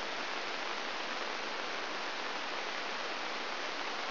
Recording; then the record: brain microelectrode recording played as sound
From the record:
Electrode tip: inside the subthalamic nucleus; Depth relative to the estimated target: 2 mm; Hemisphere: right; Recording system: AlphaMap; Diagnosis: Parkinson's disease